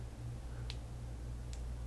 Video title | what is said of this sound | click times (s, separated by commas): HK Epic Speed Feed VS Virtue SF R Speedfeed | you hear it click open | 0.7 s